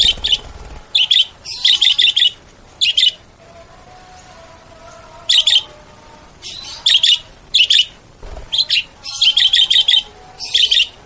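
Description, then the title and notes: Bird calling with bursts of high, twittering chirps, a quiet gap in the middle, then faster runs of chirps near the end; faint thin whistles underneath. Bird ringtone with melodious sounds. "Burung Dengan Suara Merdu"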